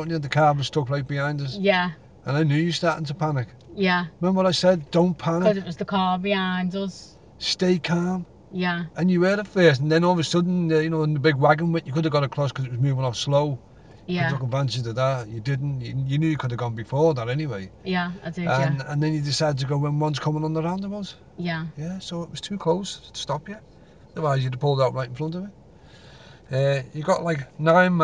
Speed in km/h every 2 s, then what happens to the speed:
0, 0, 0, 0, 0, 0, 0, 0, 0, 0, 0, 0, 0, 0.
0-28 standing.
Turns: none.